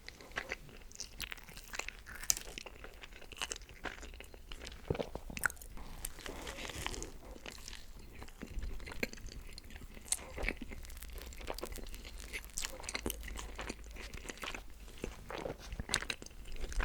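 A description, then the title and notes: Steady eating of steak and onion rings, with frequent crisp crunches and wet chewing. BURGER KING Steakhouse Angus & Onion Rings EATING SOUNDS.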